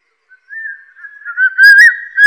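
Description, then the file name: Crested serpent eagle giving one long whistled call, a wavering drawn-out note building to a louder, ringing emphatic ending, otherwise quiet. "大冠鷲"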